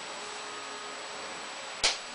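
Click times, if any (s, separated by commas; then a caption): 1.8 s. A plastic floor piece is pressed into the shell of an Empire Prophecy V2 paintball loader during reassembly. Against a steady broadband hiss, a single sharp snap is heard at 1.8 s as the floor snaps into place.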